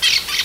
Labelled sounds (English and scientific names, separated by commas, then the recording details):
Brown-throated Parakeet (Eupsittula pertinax) contact call
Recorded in Venezuela
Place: Guárico; Corozopando; Fundo La Fe
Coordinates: 8.506, -67.593